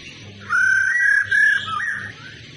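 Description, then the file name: Laughingthrush giving one wavering whistled phrase of linked clear notes that dips near its end. Female laughingthrush sound (khướu mái rô) used to stimulate male birds to sing. "Tieng khuou mai ro kich trong hot"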